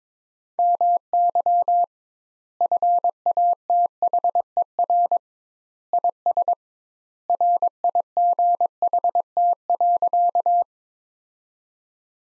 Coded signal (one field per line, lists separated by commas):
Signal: Morse code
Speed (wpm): 22 wpm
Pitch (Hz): 700 Hz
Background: none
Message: MY FATHER IS RIGHT.